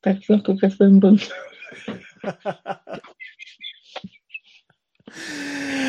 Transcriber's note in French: rires